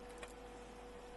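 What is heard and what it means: A plastic undercarriage door on a Lancaster B III model aircraft, knocked out of place by the retracting leg, is pressed back by hand into its position in the nacelle. A single short tap is heard at 0.2 s over a steady low hiss and a constant tone near 500 Hz. The door is seated back in place.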